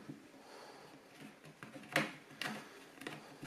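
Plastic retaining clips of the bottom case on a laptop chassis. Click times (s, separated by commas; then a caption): 2.0 s, 2.4 s. A plastic card is worked around the edge of the plastic bottom case of a Lenovo Legion Y530/Y540 laptop, standing on its edge with the lower case bent out to make a gap, and twisted to pop the plastic retaining clips open. Sharp plastic clicks ring out at 2.0 s and 2.4 s over soft scraping, with fainter ticks near 1.6 s and 3.0 s. The bottom case clips come undone and release.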